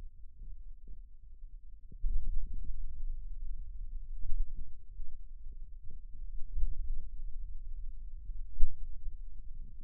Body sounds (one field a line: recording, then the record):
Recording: forearm muscle sounds (acoustic myography)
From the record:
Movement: pen grasping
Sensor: system 2, bracelet of six BSWA MPA416 microphones around the upper forearm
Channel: 1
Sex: male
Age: 22 years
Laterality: right